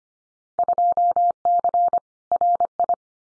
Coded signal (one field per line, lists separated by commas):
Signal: Morse code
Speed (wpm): 25 wpm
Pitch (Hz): 700 Hz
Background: none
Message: 2C RI